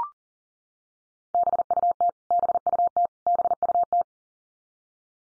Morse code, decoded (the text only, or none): BUT BUT BUT